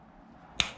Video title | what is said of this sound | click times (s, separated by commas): 7.0 L (427 cu inch) LSX Engine build. Episode 13: Sensors, Valley-cover and Harmonic Balancer | it just kind of snaps into place | 0.6 s